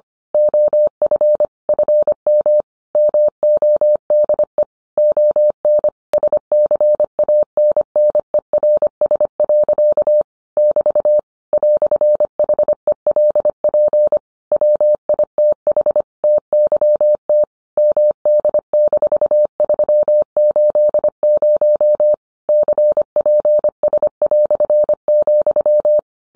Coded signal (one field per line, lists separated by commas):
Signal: Morse code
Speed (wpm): 25 wpm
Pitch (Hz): 600 Hz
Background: none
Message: OF FM MODE ON SCANNERS. <BT> "HELP WITH TYT MD-380 CPS",